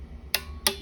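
A click-type torque wrench set to 80 inch-pounds is pulled again on a clutch mount bolt of a Losi 5T. Two sharp, bright clicks ring out at 0.3 s and 0.7 s over a faint low hum. Each click shows the wrench has reached its set torque.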